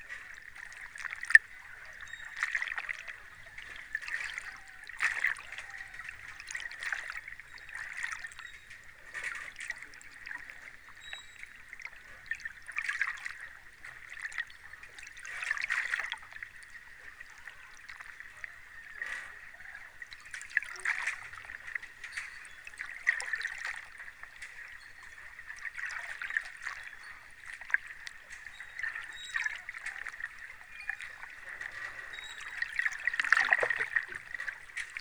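Water laps and trickles steadily against the pier on the Thames, with soft splashes every second or two and a fuller slap near the end.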